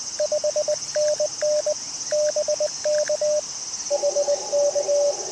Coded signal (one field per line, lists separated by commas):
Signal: Morse code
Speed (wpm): 20 wpm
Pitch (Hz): 590 Hz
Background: radio noise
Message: 5NN BK HK